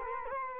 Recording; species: mosquito wingbeat signal from an infrared sensor; Culex quinquefasciatus